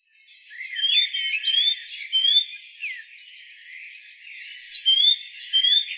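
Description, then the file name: Great tit with quick, ringing repeated notes at the start and end, a softer twittering lull in between. "Parus major"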